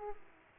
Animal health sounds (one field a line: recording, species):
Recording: mosquito wingbeat signal from an infrared sensor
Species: Aedes aegypti